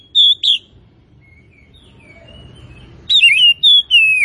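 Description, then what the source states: Oriental magpie-robin giving clear, loud whistled notes, two at first, then a pause with faint softer whistles, then a renewed burst of slurred phrases. Kacer Tretes variety, described as gacor (singing vigorously and continuously).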